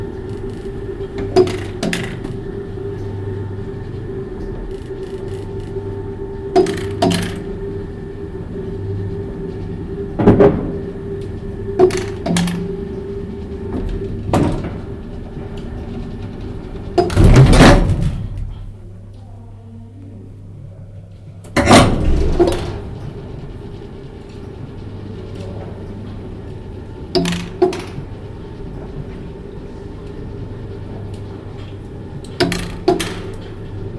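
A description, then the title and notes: An elevator hums steadily with a low rumble and a droning mid tone, punctuated every few seconds by sharp clunks and knocks, the loudest near seventeen and twenty-one seconds. Between those two the hum drops away briefly before the machinery starts up again. Elevator sound.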